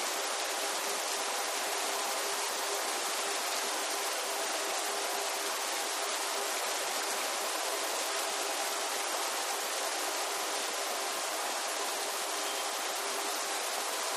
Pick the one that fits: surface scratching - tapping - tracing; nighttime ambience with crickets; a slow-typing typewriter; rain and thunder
rain and thunder